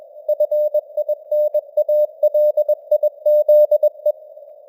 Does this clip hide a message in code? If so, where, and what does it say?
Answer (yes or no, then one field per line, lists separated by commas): yes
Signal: Morse code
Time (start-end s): 0.3-4.1 s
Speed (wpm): 21 wpm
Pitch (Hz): 600 Hz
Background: none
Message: FINALIZE